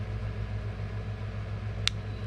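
After a battery change, the back half of a 2016 Ford F-150 5-button smart key remote is pushed onto the front half. A single sharp click at 1.9 s shows it snapping into place over a steady low hum. The housing is seated.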